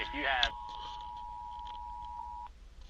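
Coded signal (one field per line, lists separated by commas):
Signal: Emergency Alert System (SAME) tones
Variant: 853 and 960 Hz attention tone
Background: speech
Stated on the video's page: Collection of EAS tests including state required monthly tests, one originated after a failed first attempt.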